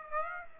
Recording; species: mosquito wingbeat signal from an infrared sensor; Aedes aegypti